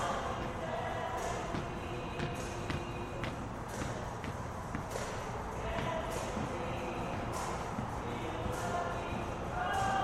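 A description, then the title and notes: Neighbors sing from their windows around a courtyard, the voices merging into a dense, steady murmur with a few held notes near the end. Sharp knocks and thuds break through irregularly, roughly every second or two, over a low rumble underneath. The neighbors who face the courtyard have taken to singing a song out of their windows every evening at 5pm. As recorded from our window, which unfortunately does not really face the courtyard. Traffic sounds are from the Henry Hudson.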